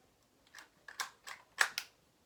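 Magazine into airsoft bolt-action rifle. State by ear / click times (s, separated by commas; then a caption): seated / 1.6 s, 1.8 s. The magazine of an S&T Type 97 Arisaka airsoft bolt-action rifle is pushed forward back into its well after being removed, with several short scraping and rattling bursts as it slides in. Two sharp clicks at 1.6 s and 1.8 s follow as the magazine locks in place.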